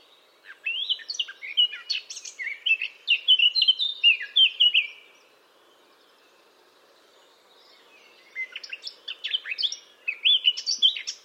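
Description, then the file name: Eurasian blackcap giving two bursts of varied warbling song separated by a pause of a few seconds, the first ending in loud whistled phrases, the second cut off at the end. "Sylvia atricapilla"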